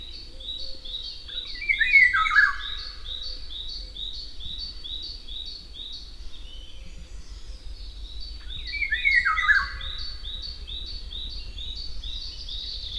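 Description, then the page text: Eurasian golden oriole song: rich flute-like descending phrases roughly seven seconds apart, while another bird repeats quick, high, evenly spaced notes behind them. "Jarek Matusiak - Обыкновенная иволга (Oriolus oriolus)"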